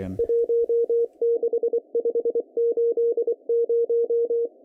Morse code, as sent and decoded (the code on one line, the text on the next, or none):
.---- -.... ..... ---.. -----
16580